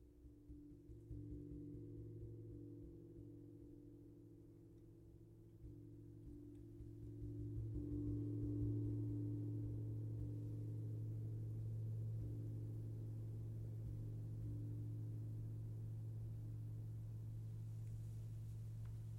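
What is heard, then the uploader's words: Gongs and singing bowls hum in a sound bath meditation, a dense, low, sustained drone with steady tones layered beneath. The wash swells around eight seconds and stays full, with faint soft pulsing through the bass and little else above it. Sound bath meditation using gongs, drums and Tibetan singing bowls.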